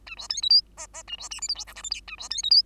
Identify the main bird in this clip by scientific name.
Lonchura striata domestica